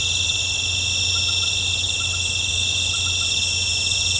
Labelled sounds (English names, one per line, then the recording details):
none
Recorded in pastures near Puerto Asís, Putumayo, Colombia, on 15 December 2024 at 18:30
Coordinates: 0.502, -76.324
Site G077